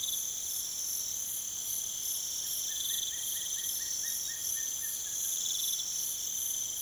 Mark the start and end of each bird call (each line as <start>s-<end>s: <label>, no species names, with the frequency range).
2.60s-5.45s: bird call (1.1-2.4 kHz)